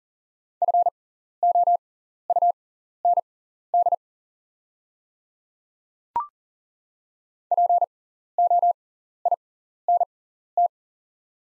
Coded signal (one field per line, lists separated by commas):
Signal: Morse code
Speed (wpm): 40 wpm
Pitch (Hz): 700 Hz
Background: none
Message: FOUND POINT